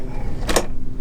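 A rubber-lined swivel board rack on the flight-actuated wakeboard tower of a 2019 Super Air Nautique G23 is pushed in and locks into its tower mount. A quick double click sounds at 0.5 s and 0.6 s over a steady low background hum, and the rack is seated and locked in place.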